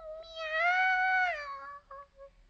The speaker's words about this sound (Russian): «Мяу!» Девочка поняла, что котенок сильно проголодался.